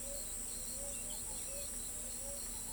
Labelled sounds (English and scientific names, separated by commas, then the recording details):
Pale-vented Pigeon (Patagioenas cayennensis), Scaled Dove (Columbina squammata)
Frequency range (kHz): Pale-vented Pigeon (Patagioenas cayennensis) 0.3-0.9 kHz; Scaled Dove (Columbina squammata) 0.7-1.0 kHz
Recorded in pastures near Pivijay, Magdalena, Colombia, on 4 June 2023 at 06:30
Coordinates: 10.456, -74.369
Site P6-G026